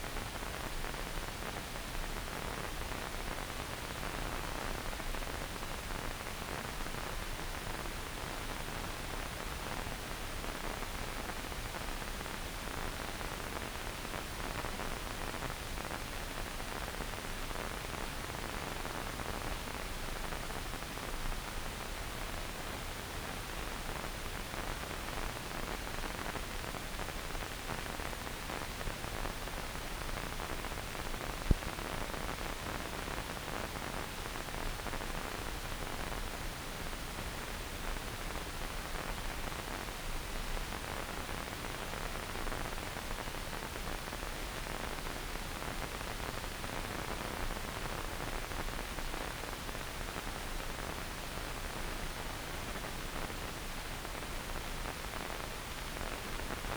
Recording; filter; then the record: brain microelectrode recording played as sound; wide band, above 20 Hz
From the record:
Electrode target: subthalamic nucleus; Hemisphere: left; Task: reaching with the right hand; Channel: 1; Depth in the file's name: 0.251 mm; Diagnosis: Parkinson's disease